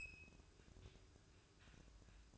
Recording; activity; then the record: daily activity, microphone in the room; open fridge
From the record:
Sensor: 2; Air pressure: 1007.6 hPa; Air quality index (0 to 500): 51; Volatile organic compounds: 1 ppm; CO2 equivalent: 569 ppm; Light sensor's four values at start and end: 10/23/10/10 and 10/23/10/10